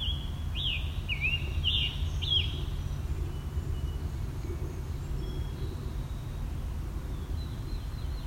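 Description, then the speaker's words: Scarlet Tanager song: several short, hoarse, burry phrases in a quick series during the first few seconds, then a few fainter notes, over steady low rumbling background noise. Singing from the top of a mature tree on a ravine edge in old growth forest, Dundas Valley, Hamilton; late July midsummer morning; sounds like a robin with a sore throat. "So think of how a robin sounds, then give it a sore throat. That's what this sounds like."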